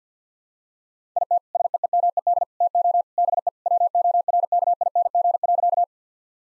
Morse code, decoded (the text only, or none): IT SEEMED TO BE WORKING.